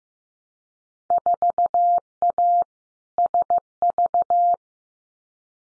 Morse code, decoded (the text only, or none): 4A SV